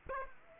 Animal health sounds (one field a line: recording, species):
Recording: mosquito wingbeat signal from an infrared sensor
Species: Aedes aegypti